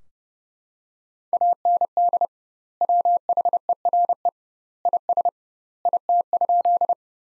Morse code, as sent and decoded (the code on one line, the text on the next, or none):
.- -. -.. / .-- .... . .-. . / .. ... / .. - ..--..
AND WHERE IS IT?